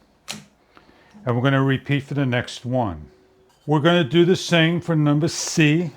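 A frame part of a two-way adjustable raised toilet seat riser with handles is lined up with its matching hole and snapped in, seating with a crisp click at 0.3 s. A fainter tick follows at 0.8 s, then someone talks for the rest of the clip.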